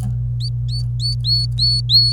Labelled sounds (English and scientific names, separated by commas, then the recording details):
Domestic Canary (Serinus canaria) song
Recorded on 26 April 2018 at 07:09
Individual llb3